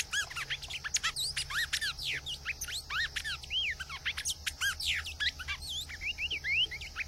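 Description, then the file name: Cinnamon Tanager song, a fast jumble of whistled slurred notes, rising and falling, overlapping with other high chirps, with a faint low hum beneath. "Canto do bico de veludo"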